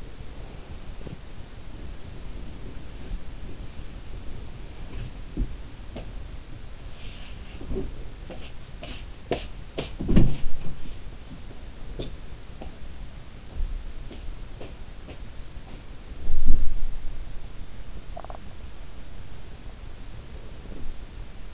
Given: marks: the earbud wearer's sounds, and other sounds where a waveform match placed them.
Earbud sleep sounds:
sounds in sleep by an in-ear microphone; body movement, swallowing
0.00-21.54 s: body movement
18.02-18.60 s: swallowing

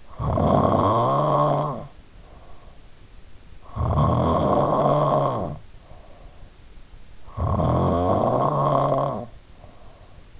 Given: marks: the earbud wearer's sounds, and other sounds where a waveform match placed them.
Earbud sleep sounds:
sounds in sleep by an in-ear microphone; snoring breath
0.00-3.09 s: snoring breath
3.66-6.63 s: snoring breath
7.14-10.40 s: snoring breath

